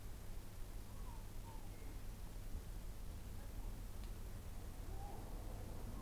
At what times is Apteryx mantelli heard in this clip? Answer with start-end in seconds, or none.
none